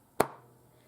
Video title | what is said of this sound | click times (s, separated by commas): Review-Un-Sponsored Veggie Slicer + Step by Step How to Pressure Can and Dehydrate them + TIPs | And you hear it snap. | 0.2 s